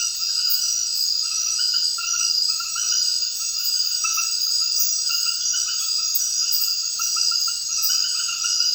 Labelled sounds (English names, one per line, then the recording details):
none
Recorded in secondary vegetation near Puerto Asís, Putumayo, Colombia, on 30 June 2025 at 21:00
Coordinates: 0.498, -76.327
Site GP09